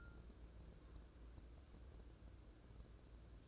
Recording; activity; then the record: daily activity, microphone in the room; take from stove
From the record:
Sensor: 2